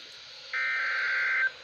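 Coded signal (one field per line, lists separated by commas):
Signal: Emergency Alert System (SAME) tones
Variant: header bursts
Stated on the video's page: Severe thunderstorm warning from NOAA weather radio station KHC27.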